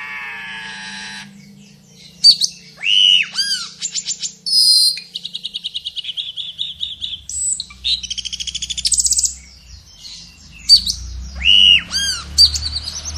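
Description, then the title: Asian glossy starling singing a varied medley: a harsh buzzy note, looping whistles, high squeaks and a fast rattling trill, with a low hum underneath in the second half. Vigorous, active singing full of mimicked song fillings ('gacor full isian teler'). "Burung Cucak Keling Gacor Full Isian Teler"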